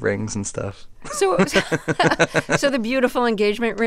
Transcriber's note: laughter